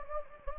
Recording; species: mosquito wingbeat signal from an infrared sensor; Anopheles gambiae